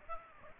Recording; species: mosquito wingbeat signal from an infrared sensor; Aedes aegypti